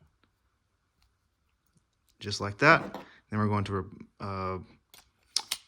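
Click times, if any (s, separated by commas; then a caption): 5.4 s. Someone talks while finishing a remote key battery change on an Audi key fob (A4, A5, RS6, RS7, Q7, TT and more). The metal spare key blade is then slid back into the fob and latches with a sharp click at 5.4 s, followed by another short tick at 5.5 s. The blade is seated.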